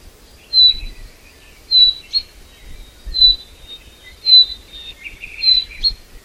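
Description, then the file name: Common chaffinch calling with a thin high whistle repeated about every second, over low rumbling and a few quieter bird chirps and a short trill. "Fringilla coelebs"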